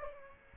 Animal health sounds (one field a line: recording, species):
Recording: mosquito wingbeat signal from an infrared sensor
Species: Aedes aegypti